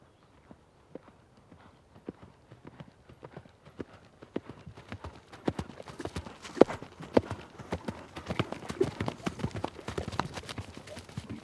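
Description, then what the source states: Horse galloping, hoofbeats thudding on soft ground, starting sparse and quiet then growing louder and denser. Horse galloping past on grass.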